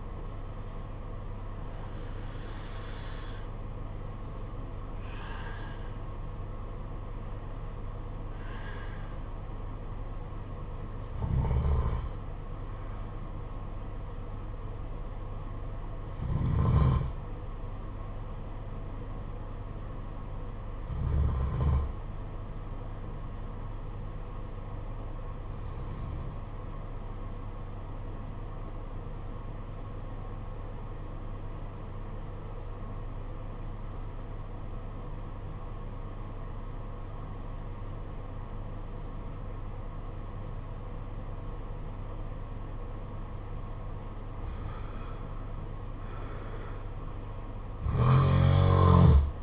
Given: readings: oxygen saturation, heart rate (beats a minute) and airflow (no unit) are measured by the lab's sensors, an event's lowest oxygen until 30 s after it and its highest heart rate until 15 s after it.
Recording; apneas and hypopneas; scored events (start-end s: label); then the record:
breathing in sleep by a smartphone at the bedside; 1
21.00-49.43 s: new sleep stage, N2 (light sleep)
30.00-44.10 s: obstructive apnea (N2, oxygen 96% highest, then 85% lowest, heart rate 53 at the start, 63 highest)
From the record:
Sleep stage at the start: N1 (lightest sleep); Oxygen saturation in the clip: 86 to 96%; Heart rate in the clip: 49 to 66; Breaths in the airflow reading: 9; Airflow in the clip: -7.8 to 9.9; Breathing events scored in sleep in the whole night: 476 in 9.7 hours asleep